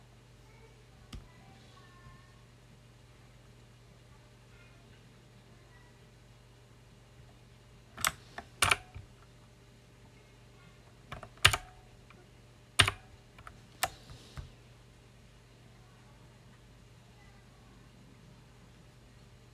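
A mechanical keyboard, close-up, heard in sharp isolated clacks rather than steady typing, with a cluster of hard strikes around eight to nine seconds and more between eleven and fifteen seconds. Between keystrokes, a low steady hum.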